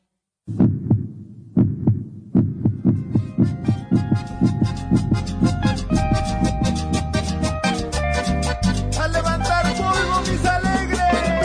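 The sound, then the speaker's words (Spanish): Deep, muffled heartbeat thumps pulse in a steady double rhythm, soon joined by swelling music that builds over the continuing beat until the thumps sit beneath a full arrangement. “Latido Americano, latiendo al ritmo de América Latina.”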